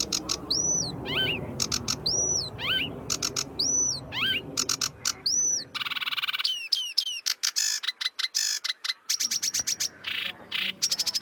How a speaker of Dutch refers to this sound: oogstreep en een mooi gekleurd verenkleed op zijn rug, dan weet je dat het een rietzanger is.